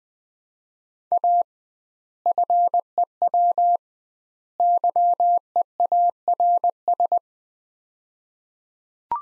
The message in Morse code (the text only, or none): A FEW YEARS